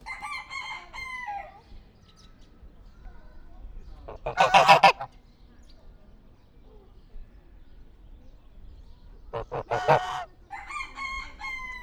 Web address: nyiregyhazizoo 2010 standardt parasztudvar liba sziszegis szello